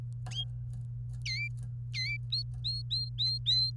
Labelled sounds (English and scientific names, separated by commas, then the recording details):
Domestic Canary (Serinus canaria) song
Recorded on 27 April 2018 at 16:33
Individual llb3